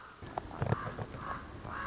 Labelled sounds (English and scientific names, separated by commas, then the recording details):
Common Raven (Corvus corax)
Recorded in Sonoma County, California